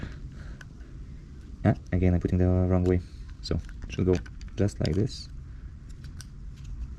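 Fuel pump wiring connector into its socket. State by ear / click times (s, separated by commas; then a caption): seated / 6.2 s. A keyed plastic wiring connector with a red cable is pushed into its mating socket on the fuel pump assembly of a 2008 Yamaha XVS1300A Midnight Star. Someone talks while fitting it, then a sharp click at 6.2 seconds shows the connector is fully seated and secured.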